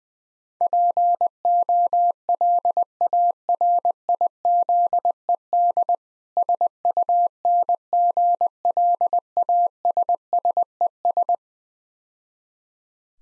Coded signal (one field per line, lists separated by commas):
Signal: Morse code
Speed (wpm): 20 wpm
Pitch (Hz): 700 Hz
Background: none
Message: POLARIZED SUNGLASSES